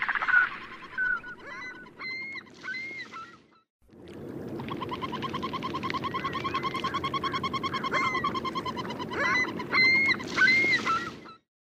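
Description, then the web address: Surf Scoter calls: short clipped notes in quick irregular runs, with higher rising whistles and brief buzzy bursts, then after a short gap a steady rushing noise under the calling. "Songs of Birds of North America Western USA Songbirds. Surf Scoter"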